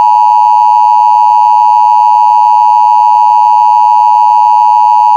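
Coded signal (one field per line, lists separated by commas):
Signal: Emergency Alert System (SAME) tones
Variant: 853 and 960 Hz attention tone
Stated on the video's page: Mock EAS alert for a severe thunderstorm warning.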